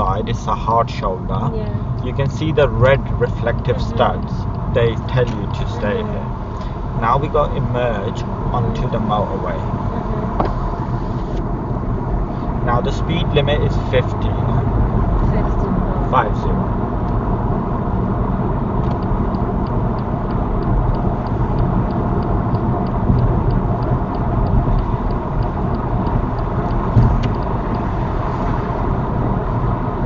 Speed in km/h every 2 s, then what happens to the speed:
29, 32, 39, 45, 53, 63, 71, 71, 71, 72, 76, 77, 79, 79, 76.
0-23 speeds up to 79. 23-30 steady at about 79.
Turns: none.